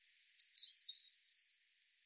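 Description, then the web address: Eurasian blue tit call: a few thin, very high notes followed by a fast, even trill on one pitch, fading at the end. "cianscape birddata Deverinetal 2025 File cleaned normalized Bird Cy Ca"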